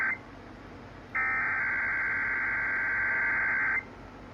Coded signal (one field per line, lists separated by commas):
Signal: Emergency Alert System (SAME) tones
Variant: header bursts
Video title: EAS- Nevada Child Abduction Emergency (CAE) over KXNT- AM (Child Found as of 6/1) (6/1/26)